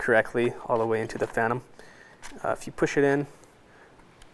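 A flight battery is being handled for pushing into a Phantom quadcopter body while someone talks. A faint short tick comes near the end at 4.2 s, but nothing has seated or clicked yet.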